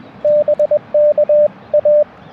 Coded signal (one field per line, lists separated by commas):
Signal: Morse code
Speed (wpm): 23 wpm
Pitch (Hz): 600 Hz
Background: radio noise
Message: BKA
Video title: Unexpected DX on QRP CW POTA Activation 5/4/23 @ K-4451